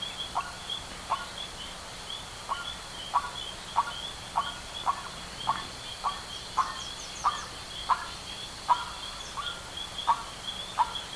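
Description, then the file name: Bird giving a steady series of short, clipped mid-pitched calls, with a constant shrill background drone and faint high chirps. "SABIOD 50 bird 2015"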